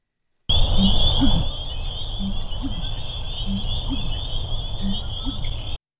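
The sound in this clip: Bittern with low, hollow gulping calls in several pumping phrases, with a constant thin high drone in the background.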